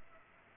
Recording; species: mosquito wingbeat signal from an infrared sensor; Culex pipiens